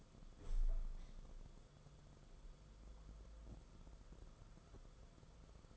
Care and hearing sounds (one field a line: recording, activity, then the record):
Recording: daily activity, microphone in the room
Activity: open window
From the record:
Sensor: 5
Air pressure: 994.4 hPa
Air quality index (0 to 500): 186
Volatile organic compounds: 1000 ppm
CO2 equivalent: 5482 ppm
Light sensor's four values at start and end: 9/22/8/9 and 9/23/9/10